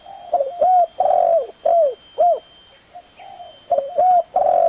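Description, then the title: Spotted Dove calling in mellow coos: a run of short hoots and a longer slurred note, a brief pause, then the phrase starting again. Lure recording compiled from Spotted Dove calls, described as the most effective for attracting doves. "Pikat Burung Tekukur Paling Ampuh"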